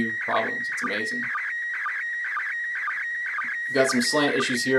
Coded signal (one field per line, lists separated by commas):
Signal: SSTV (slow-scan television)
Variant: PD 120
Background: speech